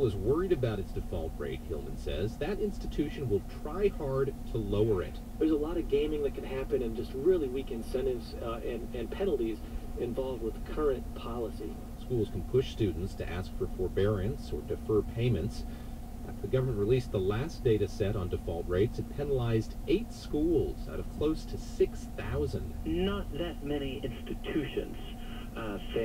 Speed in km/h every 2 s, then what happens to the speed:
0, 0, 0, 0, 0, 0, 0, 0, 0, 0, 0, 0, 0.
0-26 standing.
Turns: none.